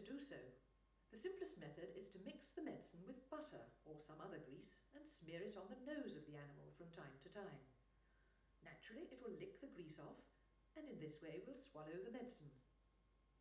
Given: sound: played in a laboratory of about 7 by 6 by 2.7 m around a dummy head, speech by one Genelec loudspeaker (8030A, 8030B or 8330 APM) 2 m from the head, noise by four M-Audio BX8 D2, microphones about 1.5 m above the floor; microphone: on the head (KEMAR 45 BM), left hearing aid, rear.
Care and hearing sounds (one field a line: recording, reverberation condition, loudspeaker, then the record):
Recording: female speech in English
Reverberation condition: medium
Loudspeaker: 60 degrees to the left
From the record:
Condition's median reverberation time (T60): about 510 ms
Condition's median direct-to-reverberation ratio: about -0.5 dB